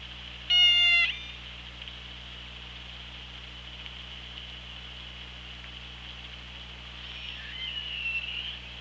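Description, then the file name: Orca call underwater: a single bright harmonic whistle-like call under a second long, then a faint squeak near the end, over steady hiss and low hum. OrcaLab hydrophone, 24 August 2017, 15:53:33. "Orca Lab JASON 20170824 155333"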